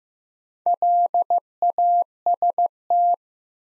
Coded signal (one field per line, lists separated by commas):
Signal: Morse code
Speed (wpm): 15 wpm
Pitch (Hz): 700 Hz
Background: none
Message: LAST